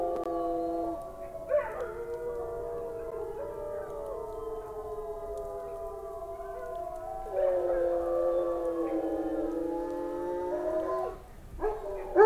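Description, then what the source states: Wolf: chorus of sustained, layered howls holding steady pitches, with fresh howls breaking in a few times. Several wolves howling.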